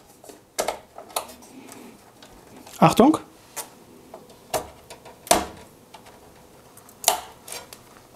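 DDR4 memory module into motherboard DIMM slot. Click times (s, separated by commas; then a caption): 0.6 s. A 16 GB DDR4 memory module is pressed into a motherboard DIMM slot after its single retention latch has been opened, and it clicks into place at 0.6 s, seated and locked in. Further short clicks and knocks follow through the clip, and someone talks briefly.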